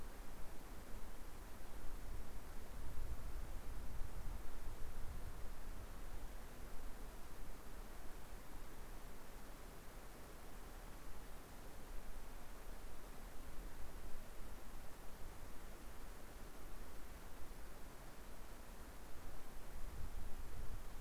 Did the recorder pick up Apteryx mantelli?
no